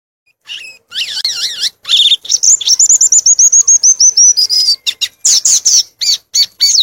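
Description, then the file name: Violaceous euphonia song: a rapid, varied jumble of high chirps, wavering whistles and a long run of quick repeated notes, continuing with buzzy fragments. "canto do gaturamo verdadeiro"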